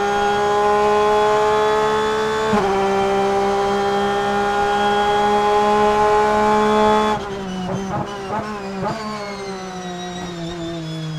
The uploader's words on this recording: Porsche 911 RSR In-Car Audio, Charlotte 2020.